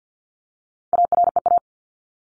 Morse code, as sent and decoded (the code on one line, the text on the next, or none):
.- .-. . .-
AREA